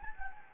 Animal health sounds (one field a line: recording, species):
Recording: mosquito wingbeat signal from an infrared sensor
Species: Anopheles gambiae